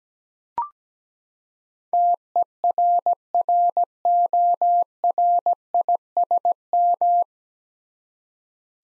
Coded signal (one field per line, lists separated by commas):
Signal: Morse code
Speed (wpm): 17 wpm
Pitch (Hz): 700 Hz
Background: none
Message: TERRORISM